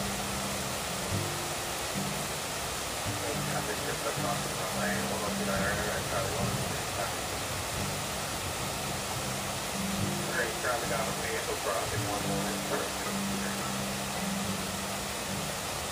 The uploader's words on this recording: Listening to the rain in New Florence, Pennsylvania and monitoring aircraft out of KGIF and KJST.